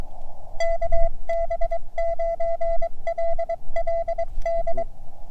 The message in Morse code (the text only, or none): KB9LLD